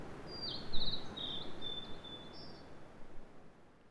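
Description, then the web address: Bird song: a single quick high phrase of chattering notes ending in a thin drawn-out whistle, with low background rumble. "yacho koe"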